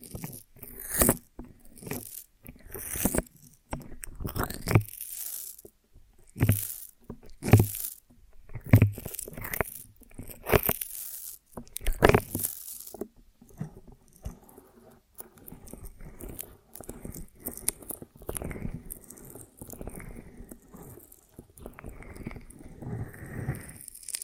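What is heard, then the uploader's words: Honeycomb eating with sharp, crunchy bites and wet chewing, dense bursts in the first half easing into softer, irregular mouth sounds. ASMR of a Honeycomb on Branch (No Talking).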